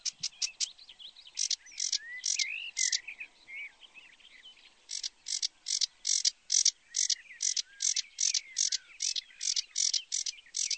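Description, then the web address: Sedge warbler singing: quick chatter and looping whistled notes, then a steady series of harsh, buzzy notes repeated about twice a second. "chants Phragmite des joncs"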